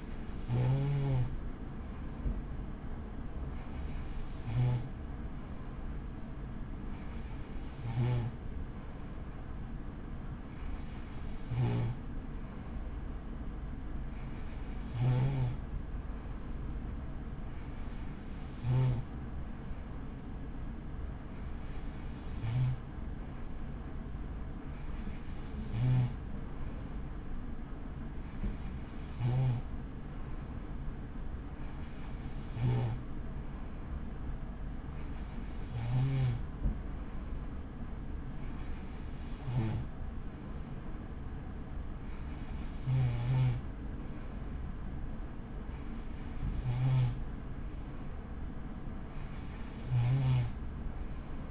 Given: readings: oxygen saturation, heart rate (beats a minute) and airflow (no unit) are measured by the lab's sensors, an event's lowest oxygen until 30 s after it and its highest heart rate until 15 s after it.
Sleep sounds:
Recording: breathing in sleep by a smartphone at the bedside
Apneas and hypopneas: none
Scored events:
none scored
From the record:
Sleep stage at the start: N3 (deep sleep)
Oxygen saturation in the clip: 93 to 94%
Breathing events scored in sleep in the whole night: 83 in 6.1 hours asleep

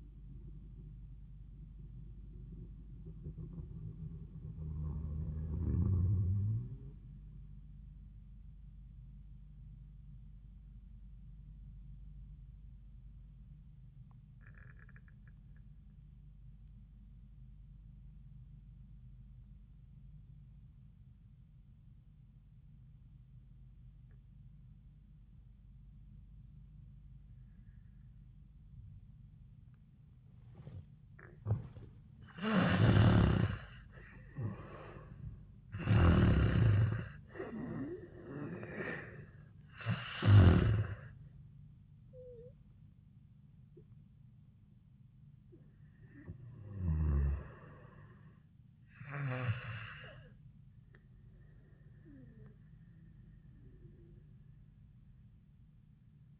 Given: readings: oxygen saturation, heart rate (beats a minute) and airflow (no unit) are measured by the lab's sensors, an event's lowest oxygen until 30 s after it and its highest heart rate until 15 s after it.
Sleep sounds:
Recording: breathing in sleep by a smartphone at the bedside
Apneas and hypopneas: 1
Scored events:
13.00-31.90 s: obstructive apnea (N1, oxygen 96% highest, then 75% lowest, heart rate 74 at the start, 88 highest)
From the record:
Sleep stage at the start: N1 (lightest sleep)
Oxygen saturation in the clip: 65 to 96%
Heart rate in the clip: 64 to 88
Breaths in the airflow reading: 5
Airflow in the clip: -25.1 to 10.2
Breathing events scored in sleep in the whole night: 400 in 8.7 hours asleep

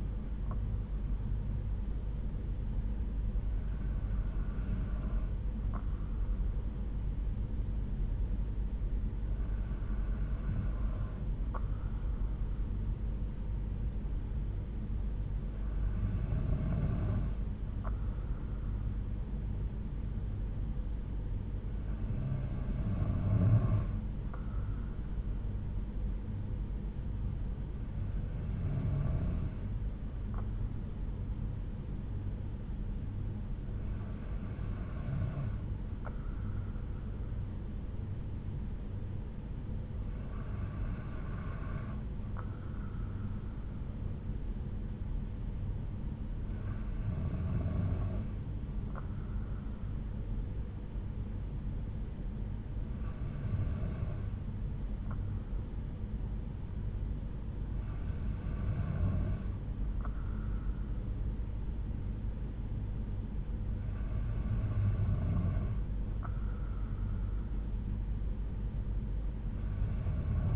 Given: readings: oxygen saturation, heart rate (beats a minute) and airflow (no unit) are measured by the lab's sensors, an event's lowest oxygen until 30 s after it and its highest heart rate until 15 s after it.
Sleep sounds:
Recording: breathing in sleep by a smartphone at the bedside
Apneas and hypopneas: none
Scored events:
none scored
From the record:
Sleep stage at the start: N2 (light sleep)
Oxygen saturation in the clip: 92 to 93%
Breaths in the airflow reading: 11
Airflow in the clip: -3.9 to 3.3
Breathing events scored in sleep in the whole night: 368 in 8.0 hours asleep

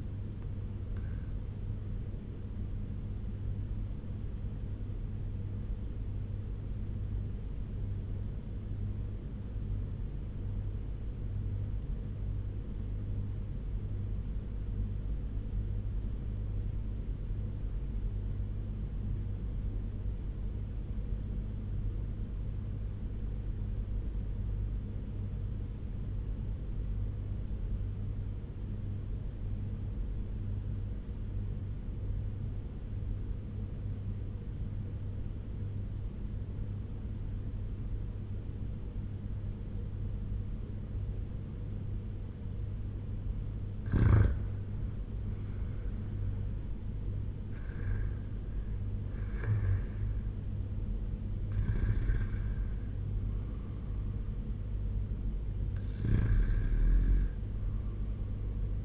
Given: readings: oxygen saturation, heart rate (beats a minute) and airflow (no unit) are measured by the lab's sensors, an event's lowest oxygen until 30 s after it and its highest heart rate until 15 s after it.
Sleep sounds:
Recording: breathing in sleep by a smartphone at the bedside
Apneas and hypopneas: 1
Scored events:
3.00-45.00 s: obstructive apnea (N1, oxygen 97% highest, then 87% lowest, heart rate 86 at the start, 93 highest)
15.00-58.85 s: new sleep stage, REM sleep
From the record:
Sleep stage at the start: N1 (lightest sleep)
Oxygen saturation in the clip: 87 to 97%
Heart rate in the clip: 83 to 93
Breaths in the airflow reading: 4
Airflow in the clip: -7.9 to 5.3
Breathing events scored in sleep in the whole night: 201 in 6.5 hours asleep

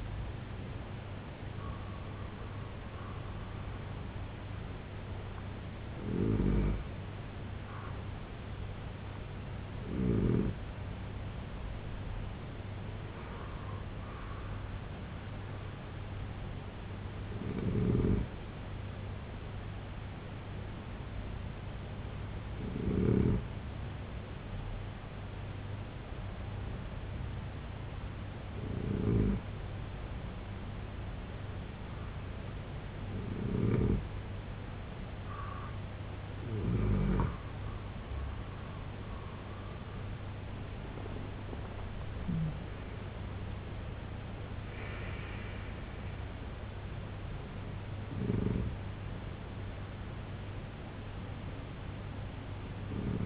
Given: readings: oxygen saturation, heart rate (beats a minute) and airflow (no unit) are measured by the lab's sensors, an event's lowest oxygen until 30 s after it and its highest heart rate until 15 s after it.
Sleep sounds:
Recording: breathing in sleep by a voice recorder at the bedside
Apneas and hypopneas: 1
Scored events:
27.00-43.20 s: hypopnea (N2, oxygen 94% highest, then 90% lowest, heart rate 70 at the start, 94 highest)
From the record:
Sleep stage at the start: N2 (light sleep)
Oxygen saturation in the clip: 90 to 94%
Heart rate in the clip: 61 to 94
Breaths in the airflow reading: 11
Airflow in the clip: -9.7 to 8.0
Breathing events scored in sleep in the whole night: 258 in 7.4 hours asleep

